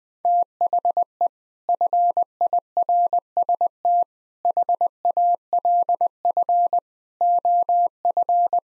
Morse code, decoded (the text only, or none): THE FIRST HALF OF